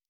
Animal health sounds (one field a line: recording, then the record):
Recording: hydrophone in a shrimp aquaculture tank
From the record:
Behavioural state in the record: normal